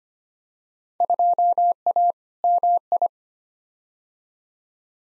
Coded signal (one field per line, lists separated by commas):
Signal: Morse code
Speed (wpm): 25 wpm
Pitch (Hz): 700 Hz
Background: none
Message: 2A MI